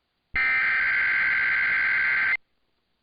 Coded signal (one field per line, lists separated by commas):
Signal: Emergency Alert System (SAME) tones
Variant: header bursts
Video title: [EAS #1801-#1802] West Coast Great Shakeout ￼Exercise